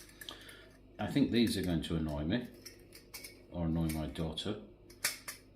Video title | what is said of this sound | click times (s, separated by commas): The Temu Files....Another Camping Haul. | Ah, there we go. It clicks into place there. That's better. | 5.1 s